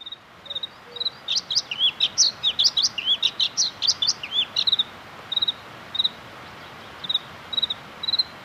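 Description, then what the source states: Bluethroat singing a few high ringing notes, then a rapid run of varied notes swooping up and down, then spaced single high ringing notes. Lapland's provincial bird, typical of mountain birch woods and forest Lapland; presented to show its singing skills.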